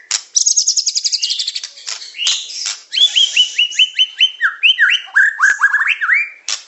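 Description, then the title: Bird song: a fast high trill followed by a series of repeated whistled notes, with sharp chirps between them. Complete masteran (song-training) recording of bird song. "Kicau Burung Masteran Lengkap"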